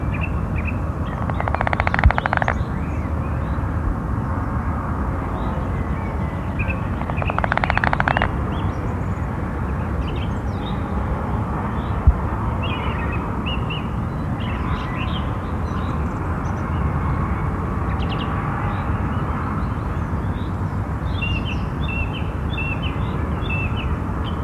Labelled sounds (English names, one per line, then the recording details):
Common Frog call
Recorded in the wild
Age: adult
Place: Malchower Aue, Berlin, DE
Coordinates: 52.5808, 13.4886
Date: 1990-04-01 19:14
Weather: Wassertemperatur: 15,5°C
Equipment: Riporter 6 RG-K, Halbspur, Sennheiser MKH 416 T
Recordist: Frommolt, Karl-Heinz